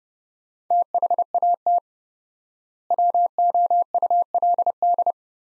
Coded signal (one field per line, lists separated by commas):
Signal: Morse code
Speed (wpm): 32 wpm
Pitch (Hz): 700 Hz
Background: none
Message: THAT WOULD